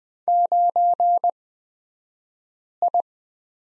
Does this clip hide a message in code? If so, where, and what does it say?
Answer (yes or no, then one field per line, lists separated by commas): yes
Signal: Morse code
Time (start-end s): 0.3-3.0 s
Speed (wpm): 20 wpm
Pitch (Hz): 700 Hz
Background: none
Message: 9I